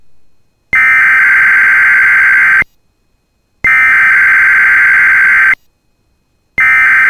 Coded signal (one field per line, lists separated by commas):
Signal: Emergency Alert System (SAME) tones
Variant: header bursts